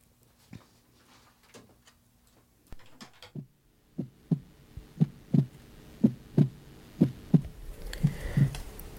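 Soft, scattered clicks give way to a steady run of paired low thumps, a lub-dub rhythm at about 60 beats a minute that continues to the end. This is an ordinary heartbeat.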